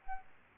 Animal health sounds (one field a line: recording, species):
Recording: mosquito wingbeat signal from an infrared sensor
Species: Aedes albopictus